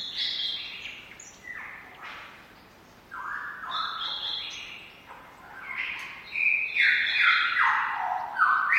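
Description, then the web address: Lyrebird squawks: harsh, blocky notes jumping between high and mid pitches, several notes overlapping, with brief pauses and a louder burst near the end. "lyrebirds squaking. lyrebirds squeaking"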